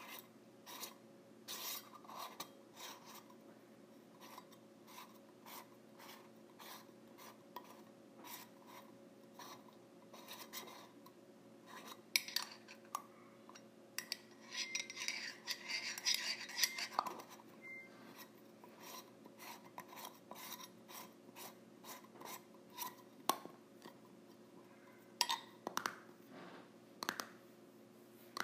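A tin container's lid is handled with a steady run of short metallic clicks and taps, spaced fairly regularly for the whole 28 seconds. Around 15 to 17 seconds a brighter scraping rasp joins in, and a few sharper knocks stand out near 25 seconds over a low steady hum.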